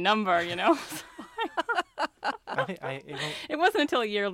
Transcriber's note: soundbite of laughter